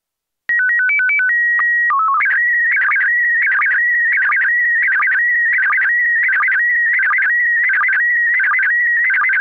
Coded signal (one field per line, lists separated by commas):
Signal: SSTV (slow-scan television)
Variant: PD 90